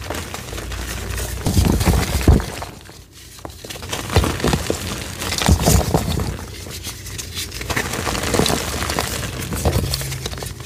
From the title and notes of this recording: Baby Oil Gym Chalk Crushing Compilation.